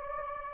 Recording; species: mosquito wingbeat signal from an infrared sensor; Anopheles gambiae